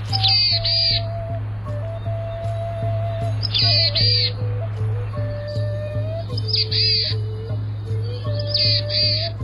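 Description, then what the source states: Boreal chickadee calls: short, hoarse, nasal buzzy phrases in bursts roughly every two to three seconds, over a steady low hum and faint sustained tones. Distinctive nasal vocalizations likened to a Black-capped Chickadee with a head cold; the species has no whistled song.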